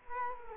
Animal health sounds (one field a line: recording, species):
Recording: mosquito wingbeat signal from an infrared sensor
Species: Culex quinquefasciatus